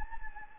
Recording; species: mosquito wingbeat signal from an infrared sensor; Anopheles gambiae